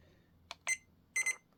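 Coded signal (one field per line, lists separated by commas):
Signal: none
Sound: radio button beeps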